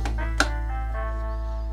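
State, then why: Seated. The lever lid of a Zyle Notte 3-in-1 capsule coffee machine is closed over a capsule inserted in its capsule holder, with a cup already set in place. After a lighter knock at 0.1 s, the lid shuts with a sharp crack at 0.4 s, which also pierces the capsule, while steady music plays underneath. The lid is seated and the capsule pierced.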